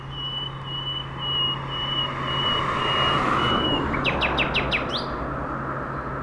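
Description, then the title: Nightingale song: a series of long, pure, evenly repeated whistles, then a quick run of sharp descending notes, with a vehicle rumbling throughout. Singing from a bush between a railway line and the shore of Lac du Bourget, Entrelacs, France; unafraid of passing trains; road traffic on the RD991 also heard. "2 D991, Entrelacs, France - Rossignol ferroviaire"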